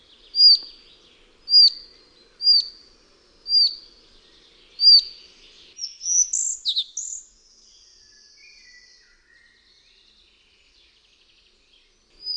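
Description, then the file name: Collared flycatcher song: thin high squeaky notes repeated about once a second, then a brief jumbled warbling phrase, another note at the end. "MUCHOLOWKABIALOSZYJA"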